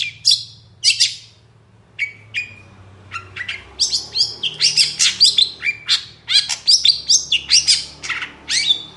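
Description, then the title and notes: Long-tailed shrike song: scattered sharp whistled notes at first, then a busy run of rasping chatter, squeaks and quick mimic-like phrases with uneven rhythm. Long-tailed shrike singing in the morning with a varied, full song; recording intended as a lure and tutor recording for birds. "Cendet Gacor Dor Di Kala Pagi Toet Toet Variasi Suara. CENDET GACOR DOR FULL ISIAN COCOK UNTUK PANCINGAN & MASTERAN CENDET APAPUN - PENTET GACOR DOR. Burung cendet"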